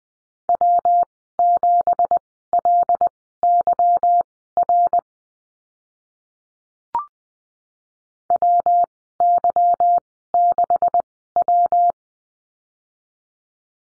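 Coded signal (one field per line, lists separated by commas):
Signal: Morse code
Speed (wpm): 20 wpm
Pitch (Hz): 700 Hz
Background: none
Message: W7LYR WY6W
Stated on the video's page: Morse code course lesson on the number 7 and call signs, with Farnsworth speed of 20/10 wpm.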